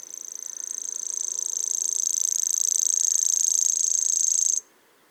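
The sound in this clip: Grasshopper song, a high rapid pulsed buzz that swells in loudness, holds steady, then stops abruptly near the end.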